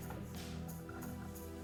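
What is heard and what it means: A clamping wedge for a glass railing mounting system is handled beside the glass pane at the base profile, arrows facing the glass, over steady background music with a brief tap around 0.9 s. The wedge has not locked into place yet, and no click has sounded.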